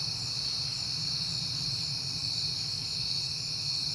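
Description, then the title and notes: Crickets in a steady high-pitched chorus, with a low rumble underneath throughout. Crickets at night on a peaceful September night, heard often lately. "Night Time: Crickets and Passing Cars. It is September and I have been hearing the crickets a lot"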